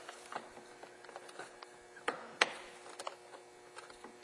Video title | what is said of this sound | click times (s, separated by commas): FordMustangDoorSmall | click into place | 2.4 s